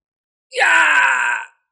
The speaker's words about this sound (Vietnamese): Đột nhiên một tiếng kêu thảm thiết, thê lương phá vỡ sự yên lặng, trên đỉnh đầu bọn họ phát ra khí tức vô cùng khiếp người, băng ngang qua thiên linh cái của bọn họ mà đi.